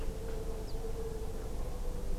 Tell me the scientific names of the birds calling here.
Emberiza hortulana